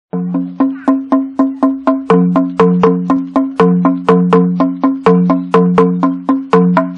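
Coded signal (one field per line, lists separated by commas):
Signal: talking drum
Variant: Bora manguaré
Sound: steady run of resonant hollow wooden drum strokes alternating between two low pitches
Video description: Muuaá Mebyeuwááíí (Llamamos para compartir). Particularmente este golpe se aplica en el maguaré para llamar a los vecinos(as) indígenas que circundan a la población que llama, se llama para compartir la pesca y/o caza que haya resultado abundante.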